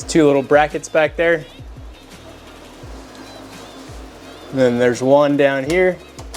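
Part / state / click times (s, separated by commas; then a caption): hat hoop onto embroidery machine cap driver / not seated / none. A hat hoop (cap frame) holding a hat is handled onto an embroidery machine's cap driver, which has two brackets at the back and one lower down. Someone talks at the start and again near the end, with quiet handling and a low steady hum in between, plus a couple of short knocks at the very end. Nothing has seated or clicked yet.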